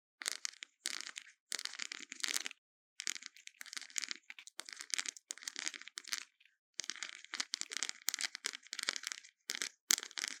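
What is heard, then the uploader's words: Intense brain scratching: bursts of dense, crackly, bright scratching, each lasting under a second to about a second, separated by brief silent gaps. The strokes come in an irregular rhythm, roughly a dozen over ten seconds, with a sharp, gritty crunch and little low end. Intense Brain Scratching. No Talking.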